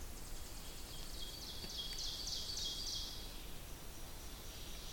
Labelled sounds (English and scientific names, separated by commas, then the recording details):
Ovenbird (Seiurus aurocapilla) song
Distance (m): 70 m
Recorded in boreal forest in Alberta, Canada, on 2 June 2016 at 07:51
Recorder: SongMeter 3, array SBT-3-7
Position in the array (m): 189 m, 150 m
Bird 8